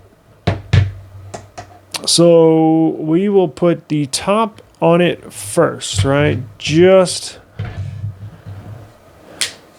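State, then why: Seated. The top half of a rugged plastic phone case for a OnePlus 15 is pressed onto the top of the phone while someone talks, with a few sharp handling knocks near the start. The top section snaps into place with a sharp click at 9.4 s.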